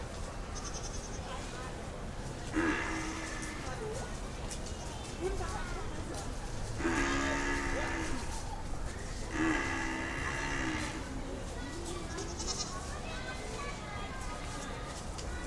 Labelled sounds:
Domesticated Cattle (Bos taurus) call
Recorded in captivity
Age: adult
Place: Zoo Berlin, Berlin, DE
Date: 1996-08-24 20:40
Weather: bedeckt, ca. 20°C
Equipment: Sony MD-WM MZ-R3, Sennheiser MKH 416 T, Kopie Uher 4000 Report Monitor
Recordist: Tembrock, Günter

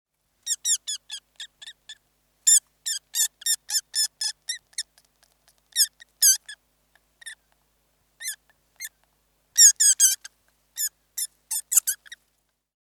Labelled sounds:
Field Vole (Microtus agrestis)
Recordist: Tembrock, Günter
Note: Abwehrlaute

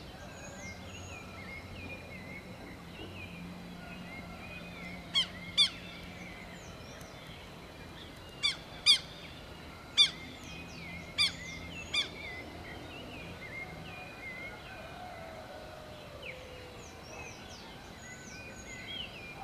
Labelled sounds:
Southern Lapwing (Vanellus chilensis) call
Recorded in the wild
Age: adult
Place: Pirenopolis, Goias, BR
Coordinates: -15.8447, -48.9583
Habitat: savannah
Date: 2013-09-10
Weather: 20°C,sunny, weak wind
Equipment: Olympus LS-3, Olympus ME31
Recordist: Frommolt, Karl-Heinz

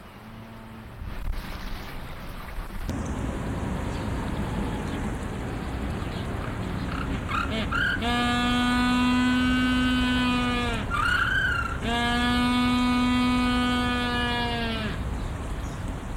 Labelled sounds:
Humboldt Penguin (Spheniscus humboldti) call
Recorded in captivity
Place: Zoo Dresden, Sachsen, DE
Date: 1995-05-17 15:45
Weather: bedeckt, 12°C
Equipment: Marantz CP 430, Sennheiser ME 80, Kopie Uher 4000 Report Monitor
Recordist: Tembrock, Günter
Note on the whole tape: Ein Tier beim Schwimmen ("zweistimmig") und Rufreihen

